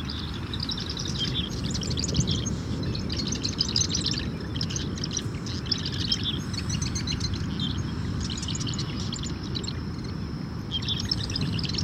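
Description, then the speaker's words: Marsh wren song, a series of fast gurgling, buzzy high trills in repeated bursts, over constant low background noise. Bubbly song; humid, salty morning at Rockefeller Wildlife Refuge, Louisiana, a migratory bird sanctuary. "A marsh wren. Listen to that bubbly song."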